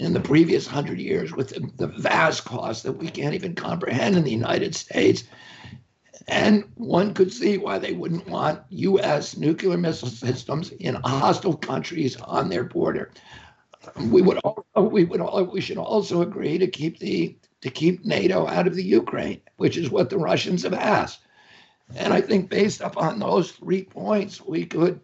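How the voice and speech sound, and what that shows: An adult man speaks about politics in a strained, tight, creaky voice with a rough, effortful quality and brief catches in voicing. The strangled, breaking voice quality is due to the spasmodic dysphonia he suffers from, a neurological voice disorder causing spasms of the vocal cords, fitting the adductor type.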